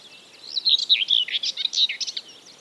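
Common whitethroat song, a fast scratchy warble of rough, jumbled chirping notes running for about two seconds.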